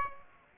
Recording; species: mosquito wingbeat signal from an infrared sensor; Aedes aegypti